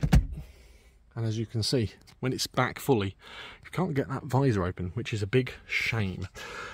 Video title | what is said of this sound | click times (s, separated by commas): Toyota MR2 MK3 - My Entire Experience (Good & Bad) - Mega Video | we'll the seat backwards it just locks into place and as you can see | 0.1 s